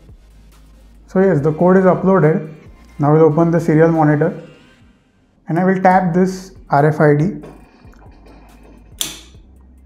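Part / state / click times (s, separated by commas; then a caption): solenoid latch in a cabinet door lock / released / 9.0 s. A registered RFID tag is tapped on the reader of a cabinet door lock, and its 12 V solenoid latch retracts with a sharp clack at 9.0 s. Before that, someone talks, and faint taps come just before 8.0 s. The latch is released.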